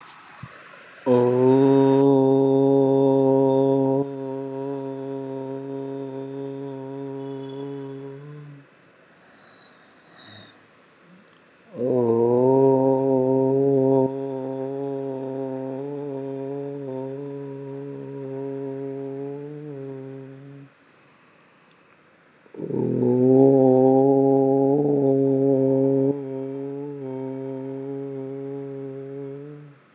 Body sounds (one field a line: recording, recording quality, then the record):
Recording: sustained vowel as in boot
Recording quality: excellent, no background noise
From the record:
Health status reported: COVID-19 positive, moderate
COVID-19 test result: positive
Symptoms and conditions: cough, cold, fever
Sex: male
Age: 44 years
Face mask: worn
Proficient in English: yes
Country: India